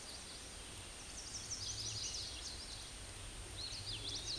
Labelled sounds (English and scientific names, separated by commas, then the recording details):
Hooded Warbler (Setophaga citrina) song
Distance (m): 35 m
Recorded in a Pennsylvania forest on 18 May 2023 at 08:43
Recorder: AudioMoth, point grid1_31_low
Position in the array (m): 155 m, 124 m